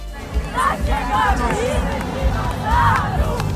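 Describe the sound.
A stadium crowd at a U13–U15 youth football match during the 'Z Orlika na Stadion' event keeps up a steady, loud din, with high-pitched young voices shouting and calling out in rising and falling bursts throughout.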